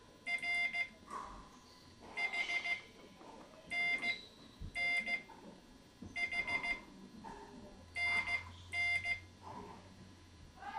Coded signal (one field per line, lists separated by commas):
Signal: Morse code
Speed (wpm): 15 wpm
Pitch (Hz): 2100 Hz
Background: none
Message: R H NN H NN